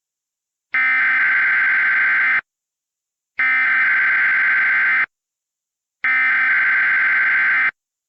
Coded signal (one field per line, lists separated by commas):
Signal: Emergency Alert System (SAME) tones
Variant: header bursts